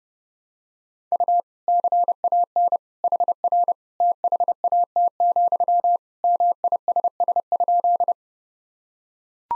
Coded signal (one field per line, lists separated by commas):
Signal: Morse code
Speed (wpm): 32 wpm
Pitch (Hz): 700 Hz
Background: none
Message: U CAN HR THAT, MISS?